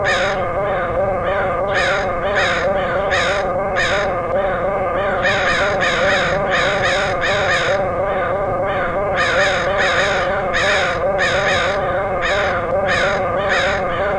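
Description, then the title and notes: Crow flock cawing, a dense stream of coarse, harsh calls nearly without pause, some louder and some fainter, over a low continuous hum. Crows recorded in Portland, Oregon, August 2003. "Dronecast: Crows of Portland. Crows recorded by Dan Bodah in Portland, OR, August 2003"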